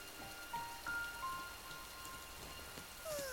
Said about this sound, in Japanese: 雨だ。傘ないわよ。困ったわね。